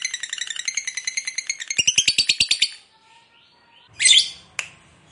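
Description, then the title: Lovebird chatter of rapid shrill notes for nearly three seconds, a pause, then a loud harsh squawk and a short sharp note. Fighter lovebird singing energetically, in the gacor style. "Berkat SUARA Lovebird FIGHTER GACOR Ini"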